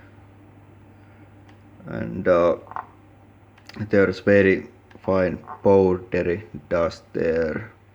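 A dust container is being pushed back into the body of an Electrolux UltraFlex canister vacuum. Someone talks over a few faint handling knocks. The container has not clicked into place yet.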